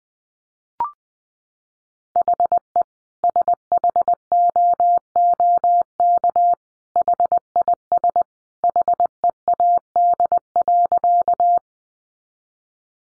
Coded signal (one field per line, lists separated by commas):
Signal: Morse code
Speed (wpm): 20 wpm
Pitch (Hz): 700 Hz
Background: none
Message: HE SHOOK HIS HEAD.